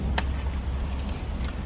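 A gear shifter linkage or cable end is pushed into its mount on a new gear shifter being fitted to a Jazz, and it snaps into place with a sharp click at 0.2 s. A second, fainter tick follows at 1.4 s over a steady low hum, and the part is seated, fitting exactly.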